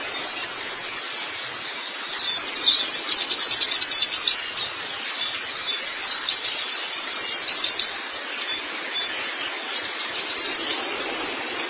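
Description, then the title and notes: White-eye song: bursts of rapid, very high twittering notes, some trilled series, recurring every second or two over a steady background hiss. Chirping song. "Kicauan Burung Pleci Durasi Panjang. Suara kicauan burung pleci"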